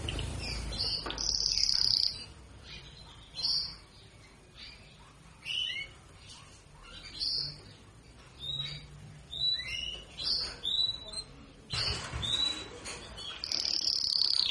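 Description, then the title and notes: Belgian canary giving scattered short chirps and brief whistled notes with pauses between, over a steady background hiss. Belgian canary, galador song type, warming up. "Canario Belga"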